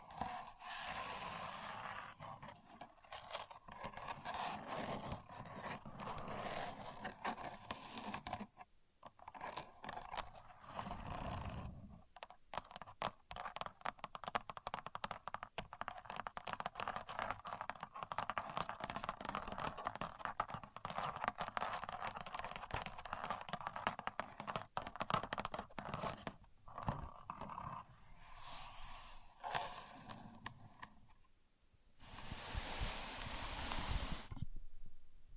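A contour gauge is worked, its pins giving off a dense, rapid clatter of small clicks and rattles for most of the clip. The clicking stops in brief pauses near 9, 12 and 31 seconds, and a harsh, bright hiss fills about two seconds near the end.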